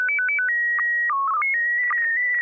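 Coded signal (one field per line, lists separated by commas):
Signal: SSTV (slow-scan television)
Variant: PD 120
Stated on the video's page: SSTV net on an FM repeater on 441.300 MHz, sent with MMSSTV software.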